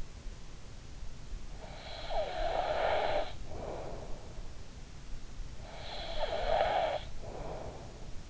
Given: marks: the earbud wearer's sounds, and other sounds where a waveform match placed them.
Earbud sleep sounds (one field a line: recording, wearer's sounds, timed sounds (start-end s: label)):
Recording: sounds in sleep by an in-ear microphone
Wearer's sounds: snoring breath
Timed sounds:
1.55-4.99 s: snoring breath
5.70-8.30 s: snoring breath